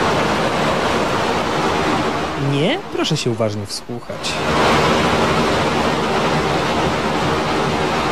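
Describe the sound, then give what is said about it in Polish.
A steady, dense roar of rushing waterfall water in Bellano, Italy fills the whole stretch, with a voice briefly speaking over it near the middle before the broad hiss resumes. “Właśnie za szum wodospadu we włoskim Bellano władze miejscowości muszą wypłacić jednemu z mieszkańców zadośćuczynienie w wysokości 1032 euro.”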